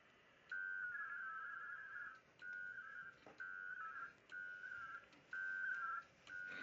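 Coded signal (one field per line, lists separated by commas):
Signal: HF data modem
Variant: WINMOR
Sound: alternating warbling data bursts around 1.5 kHz, each about a second long, with brief pauses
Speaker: Dan is going to initiate the contact at this time and going to go to [Music] k1d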